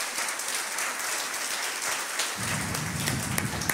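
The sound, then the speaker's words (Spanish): A church audience applauds the Lord steadily, a dense wash of many hands clapping at once, swelling fuller and heavier partway through with a low rumble added beneath. “¡Un aplauso al Señor!”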